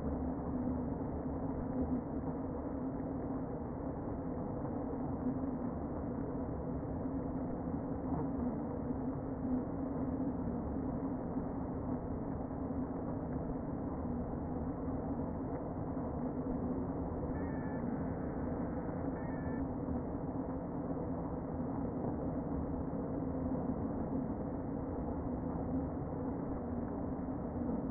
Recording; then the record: honeybee colony, microphone inside the hive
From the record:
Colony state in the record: queen present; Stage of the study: before two queens were removed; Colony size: about 60,000 bees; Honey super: yes